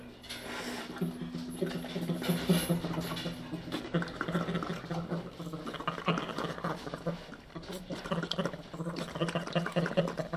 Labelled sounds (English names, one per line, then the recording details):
Sloth Bear call
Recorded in captivity
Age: adult
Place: Tierpark Berlin, Berlin, DE
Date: 1967-12-09
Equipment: R 20/1, Sennheiser MD 421
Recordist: Tembrock, Günter
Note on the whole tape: Lautfolgen bei Maulkontakt mit der eigenen Vorderpfote. Abstand ca. 1 m